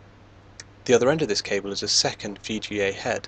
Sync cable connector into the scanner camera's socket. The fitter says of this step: place it up the camera and rotate applying a little pressure as soon as the pins match the holes it will click into place